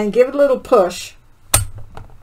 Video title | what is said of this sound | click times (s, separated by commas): mechanical machines and their bobbin cases | see the way that clicked that was the noise you want to hear you want to make sure it clicks into place | 1.5 s